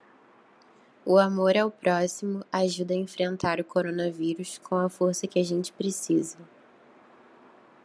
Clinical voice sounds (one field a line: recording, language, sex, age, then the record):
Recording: spoken sentence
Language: Brazilian Portuguese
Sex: female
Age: 20 to 29 years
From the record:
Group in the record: control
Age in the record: 20 years